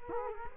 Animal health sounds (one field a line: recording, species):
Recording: mosquito wingbeat signal from an infrared sensor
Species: Culex quinquefasciatus